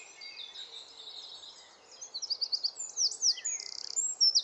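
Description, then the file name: Eurasian wren song, faint high twittering at first, then louder sharp notes, quick slurred phrases and a short buzzy burst. "Troglodytes troglodytes"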